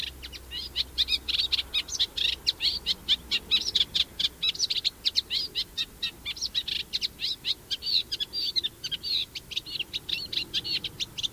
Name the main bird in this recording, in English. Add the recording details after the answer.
Eurasian Reed Warbler. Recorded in the wild. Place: Baiersdorf, Bayern, DE. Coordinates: 49.6589, 11.0172. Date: 1967. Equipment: Original, Vollspur. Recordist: Tretzel, Erwin